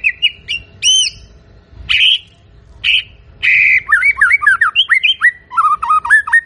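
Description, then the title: White-rumped shama song of loud, rich whistled notes and harsh squawky phrases, running into a rapid, jumbled chatter of varied short notes. Lure recording of a bird singing continuously, used to provoke a quick response from other shamas. "PANCINGAN MURAI BATU GACOR, SEKALI DENGAR LANGSUNG RESPON"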